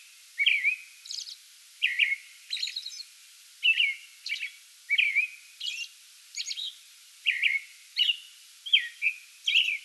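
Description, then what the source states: American robin singing clear, slurred caroling phrases with interspersed high squeaky notes, repeated steadily throughout. Song bout recorded 8 May 2022.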